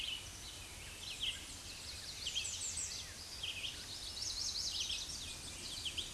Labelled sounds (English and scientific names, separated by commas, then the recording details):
American Redstart (Setophaga ruticilla) song
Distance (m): 35 m
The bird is about 10 m above the microphone
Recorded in a Pennsylvania forest on 16 May 2024 at 07:04
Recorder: AudioMoth, point MSD-2345
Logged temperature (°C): 15.5 °C
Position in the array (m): 103 m, 235 m